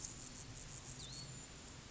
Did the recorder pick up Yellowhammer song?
no